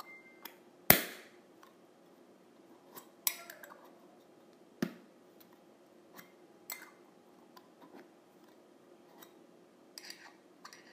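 A tin container's lid is handled, giving sharp metallic clicks and taps scattered irregularly across the recording. The loudest snap comes near the one-second mark, with a scraping rattle around three seconds and smaller ticks afterward over a faint steady hum.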